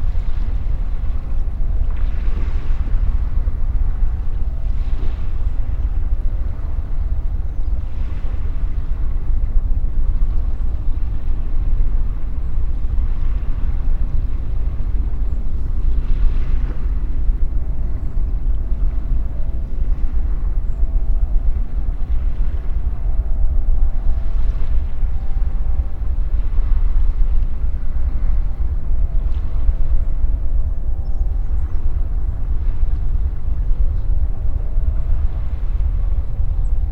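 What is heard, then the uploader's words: Calm sea at a distant shoreline, the waves arriving as soft, faint washes every few seconds over a steady deep rumble. A low droning hum, like a boat engine, runs through much of the recording at an even level. Portishead Waves Ambience. Field recordings made at Woodhill Bay, Portishead. This was my first outing using the Sony PCM-M10, and involved some clambering on the headland rocks to try and get into a good position. The tide was quite far out, and the sea calm.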